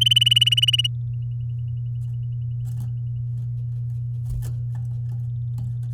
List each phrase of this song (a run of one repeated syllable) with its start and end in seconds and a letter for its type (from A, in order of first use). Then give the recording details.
0.01-0.87 A. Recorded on 7 May 2018 at 11:26. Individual llb16